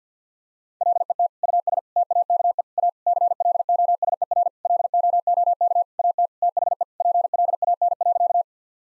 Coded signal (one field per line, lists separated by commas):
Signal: Morse code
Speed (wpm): 50 wpm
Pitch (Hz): 700 Hz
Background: none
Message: LET US TAKE A CLOSER LOOK AT THE PLAN.